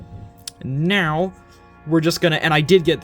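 A plastic panel on a Transformers HasLab Robots in Disguise 2001 Omega Prime toy robot is swung over and pegged into its socket, seating with a sharp click at 0.5 s. Someone talks before and after the click.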